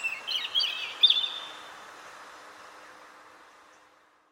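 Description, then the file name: European robin song, a short burst of high twittering notes in the first second and a half, then fading away into quiet hiss. "Erithacus rubecula"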